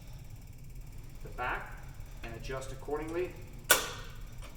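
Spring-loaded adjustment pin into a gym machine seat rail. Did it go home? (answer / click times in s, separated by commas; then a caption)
yes / 3.7 s. On a gym leg machine, the seat back is adjusted and its spring-loaded locking pin snaps into its hole in the seat rail with a sharp click at 3.7 seconds. Someone talks before the click. The pin is seated.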